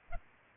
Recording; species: mosquito wingbeat signal from an infrared sensor; Culex pipiens